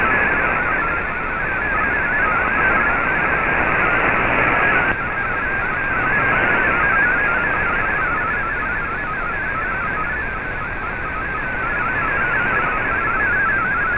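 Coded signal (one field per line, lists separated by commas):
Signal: multi-tone FSK (Olivia or MFSK type)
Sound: faint warbling tone hopping between pitches under loud shortwave hiss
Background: radio static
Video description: here is my decode of the Shortwave Radiogram broadcast today on 15770Khz shortwave radio at 1300UTC in MFSK32 and 64 and with 10 SSTV images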